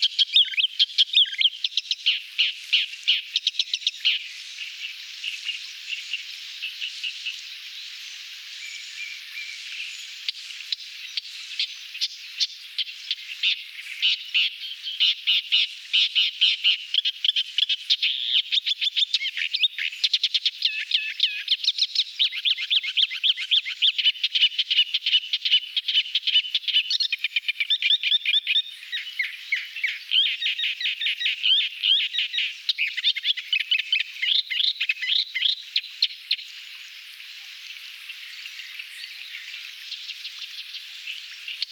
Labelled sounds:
Thick-billed Warbler song
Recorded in the wild
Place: Woschod, Fischteiche, RU
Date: 1994-06-05
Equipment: Dat-Recorder Casio DA 7, Telinga DAT, Telinga-Parabolspiegel
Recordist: Schwarz, Dieter
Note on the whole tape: Song

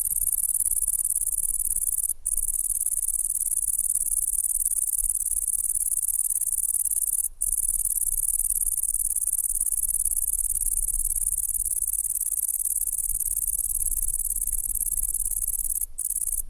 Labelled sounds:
Great Green Bush-cricket stridulation
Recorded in the wild
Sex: male
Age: imago
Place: Zühlsdorf, Briesetal, Brandenburg, DE
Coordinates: 52.734, 13.375
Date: 1998-08-11 15:50
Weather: heiter, 25°C
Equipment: Sony MD-WM MZ-R3, Sennheiser ME 80, Kopie Uher 4000 Report Monitor
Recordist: Tembrock, Günter
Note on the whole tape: Männchen: Stridulation (sitzt auf Brombeere, in Sonne). Im Briesetal bei Zühlsdorf

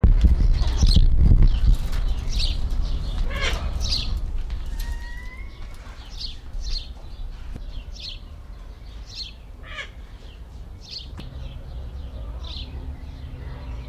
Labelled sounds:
Golden-collared Macaw call
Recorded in captivity
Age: adult
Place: Zoo Berlin, Berlin, DE
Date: 1994-05-07 11:47
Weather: heiter, 12-18°C
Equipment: Marantz CP 430, Sennheiser ME 80, Kopie Uher Variocord 263
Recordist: Tembrock, Günter

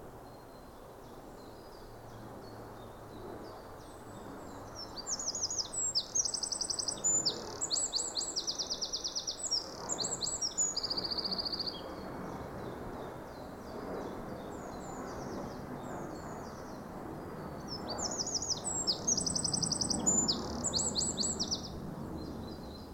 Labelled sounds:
Eurasian Wren
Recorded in the wild
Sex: male
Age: adult
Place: Müggelsee, Berlin, DE
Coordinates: 52.43, 13.64
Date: 1990-04-20
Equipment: Uher 4400 Report Monitor, Sennheiser ME 80, K 30 AV
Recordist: Fischer, Stefan
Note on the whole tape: Gesang - Reviernachbar der vorangegangenen Aufnahme

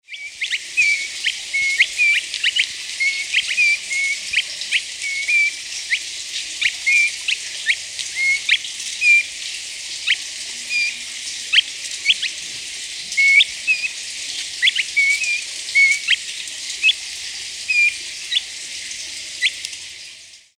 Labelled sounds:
Crested Partridge
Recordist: Tembrock, Günter
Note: Rufe eines Paares

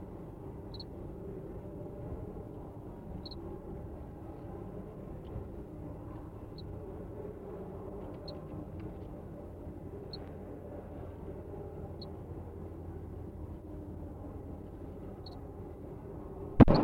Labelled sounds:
House Cricket
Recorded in captivity
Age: imago
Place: DE
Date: 1962-02-02
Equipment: Smaragd, Grundig-Mikrofon
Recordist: unbekannt, keine Angabe

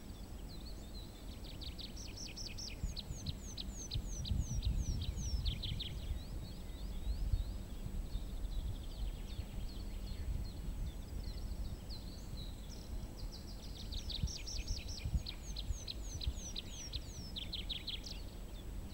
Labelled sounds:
Tree Pipit
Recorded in the wild
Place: Gerlitzen, Kärnten, AT
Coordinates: 46.693, 13.917
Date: 1971-05-12
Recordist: Brunner, Thomas
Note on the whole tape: Gerlitzen: Gesang eines Baumpiepers

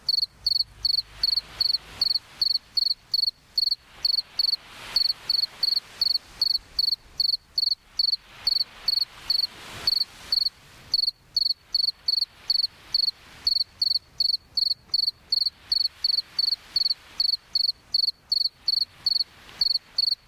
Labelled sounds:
Two-spotted Cricket stridulation
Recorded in the wild
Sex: male
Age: imago
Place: Chania, Insel Kreta, GR
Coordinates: 35.5164, 24.0189
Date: 1996-10-10 22:25
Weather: 18°C, cloudy
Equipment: Sony MD-WM MZ-R3, Sennheiser MKH 416 T, Kopie Uher 4000 Report Monitor
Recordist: Tembrock, Günter

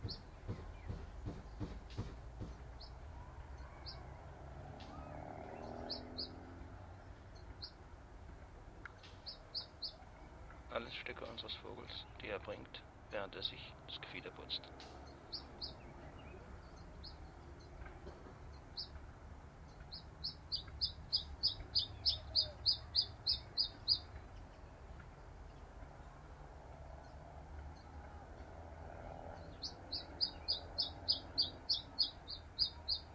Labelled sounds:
Common Chiffchaff
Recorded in captivity
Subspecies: collybita
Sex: male
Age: adult
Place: Volierenanlage, Zoologisches Institut Universität Tübingen, Baden-Württemberg, DE
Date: 1968-06-21 15:00
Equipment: Nagra III PH, MD 211, LGS26
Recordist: Schneider, Hans-Joachim

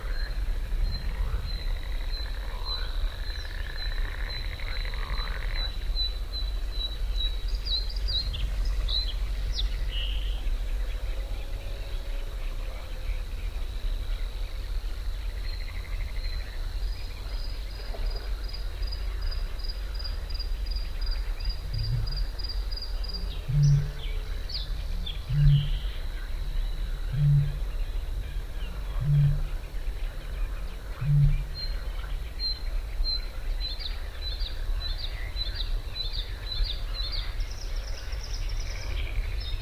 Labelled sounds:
Bluethroat song
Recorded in the wild
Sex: male
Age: adult
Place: Parsteinwerder, Parsteiner See, Brandenburg, DE
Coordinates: 52.9575, 13.9719
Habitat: lake
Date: 2006-05-24
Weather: ca.10°C, no wind
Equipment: Edirol R-4, Sennheiser MKH 70, Windkorb
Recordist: Frommolt, Karl-Heinz

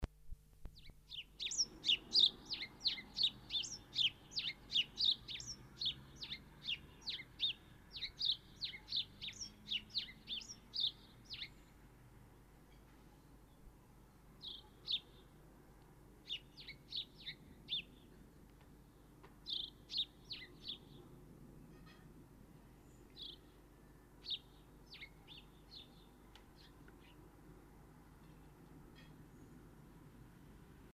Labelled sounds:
House Sparrow song
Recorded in the wild
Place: Kaiserslautern, Rheinland-Pfalz, DE
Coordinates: 49.4065, 7.8055
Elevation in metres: 400
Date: 1976-04-20
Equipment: Nagra IV, Sennheiser MKH 405, Parabolreflektor
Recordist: Tretzel, Erwin
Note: Auf der Wolfskaut, Kaiserslautern: Gesang

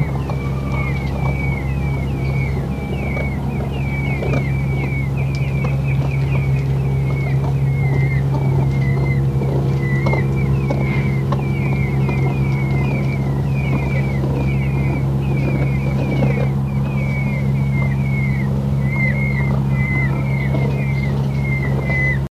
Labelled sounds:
Indian Peafowl call
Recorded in captivity
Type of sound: call
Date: 1962-08-08
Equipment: Halbspur, 9,5 cm/s
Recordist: Lütgens, Hans
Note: vier zwei Wochen alte Pfauen mit lockender Henne

